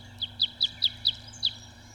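Red Crossbill calls: six short, sharp, high chip notes in a loose series, with a faint low hum beneath.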